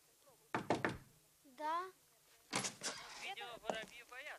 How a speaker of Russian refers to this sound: Он торопливо входит в коммунальную квартиру. Стучится в дверь.